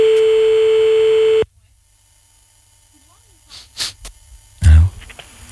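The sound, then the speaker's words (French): A loud, steady telephone ringing tone of a call being placed again holds one mid pitch for about a second and a half, then cuts off abruptly as the phone is picked up and left aside, leaving near silence broken by faint rustles and a low thump. “Attends, ouais, on rappelle.”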